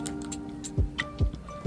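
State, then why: Not seated. Someone tries to press the flap snap fastener of a JW PEI Gabbi baguette handbag into its clasp on the bag body, but the bag is full and the snap does not catch, with music playing throughout and a few faint ticks and taps. Nothing has seated or clicked yet, because the bag is too full for the snap to shut.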